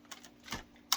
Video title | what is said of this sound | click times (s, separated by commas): Upgraded Replacement Hose Handle for Shark Navigator Rotator Lift-Away Vacuums Series NV350, NV351 + | push it in and you'll feel it snapping in place | 0.9 s